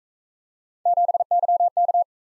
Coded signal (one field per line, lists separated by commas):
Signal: Morse code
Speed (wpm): 39 wpm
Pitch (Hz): 700 Hz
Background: none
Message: 7YK